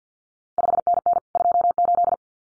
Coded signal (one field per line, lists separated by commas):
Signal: Morse code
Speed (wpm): 50 wpm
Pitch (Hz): 700 Hz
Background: none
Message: 5NN 28